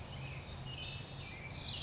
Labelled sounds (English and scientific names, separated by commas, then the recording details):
Chestnut-backed Chickadee (Poecile rufescens)
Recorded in Sonoma County, California